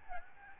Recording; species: mosquito wingbeat signal from an infrared sensor; Aedes albopictus